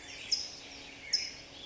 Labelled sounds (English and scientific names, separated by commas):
California Towhee (Melozone crissalis)